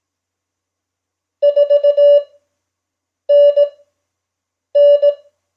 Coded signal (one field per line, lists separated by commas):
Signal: Morse code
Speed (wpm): 18 wpm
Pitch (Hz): 580 Hz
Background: none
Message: 4NN